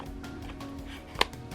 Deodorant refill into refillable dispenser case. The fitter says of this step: until it clicks.